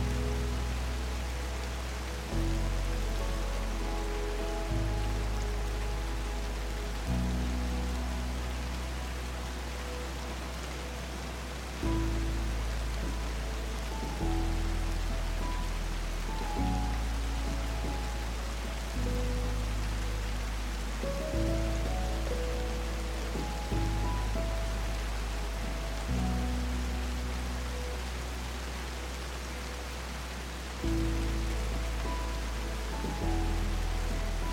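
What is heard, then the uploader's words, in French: Steady, soft rain hiss fills the whole clip behind slow, gentle music. Warm low bass notes and sustained chords change every few seconds, each swelling in and then fading slightly before the next, while the rain stays even throughout. Sons apaisants de pluie combinés à une musique relaxante.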